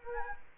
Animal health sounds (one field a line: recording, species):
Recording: mosquito wingbeat signal from an infrared sensor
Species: Culex quinquefasciatus